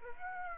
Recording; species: mosquito wingbeat signal from an infrared sensor; Aedes aegypti